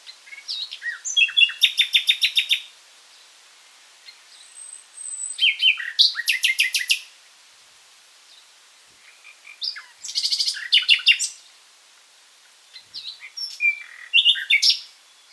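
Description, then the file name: Common nightingale song: four separate phrases a few seconds apart, each building into a loud, fast pulsing trill, with quiet gaps between. "Luscinia megarhynchos"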